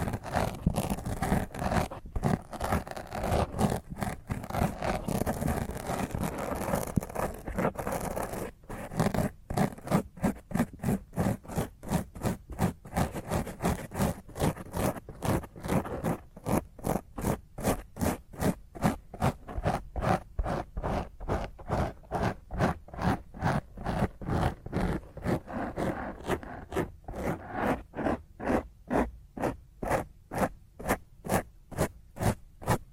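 Fingernails scratch roughly across a microphone in rapid, regular strokes, dense and smeared at first, then separating into distinct rasping pulses.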